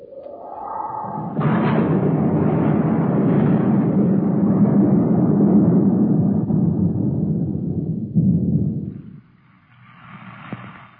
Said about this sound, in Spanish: En efecto, apenas partió el criado, comenzó a caer un aguacero incontenible.